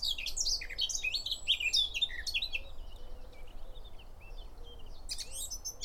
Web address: SETE Sylvia atricapilla